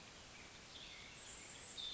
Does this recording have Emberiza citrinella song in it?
no